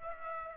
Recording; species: mosquito wingbeat signal from an infrared sensor; Aedes aegypti